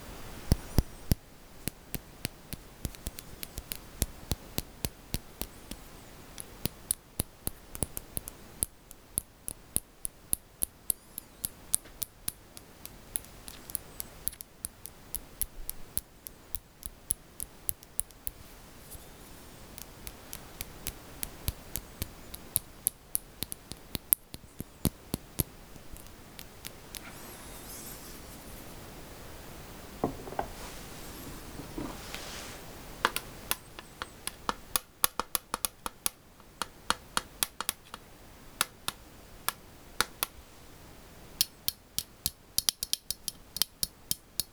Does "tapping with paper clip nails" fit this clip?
yes